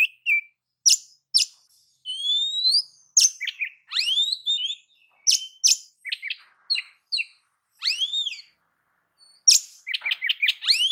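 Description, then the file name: Oriental magpie-robin singing, mixing sharp harsh notes, upward-sweeping whistles and quick chirped phrases over eleven seconds. "Suara-Kacer-Versi-7"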